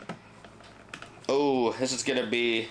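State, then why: Not seated. A plastic sneeze guard piece is handled and pressed toward a toy cafeteria counter playset, giving faint small taps and knocks in the first second while someone talks. Nothing has seated or clicked yet.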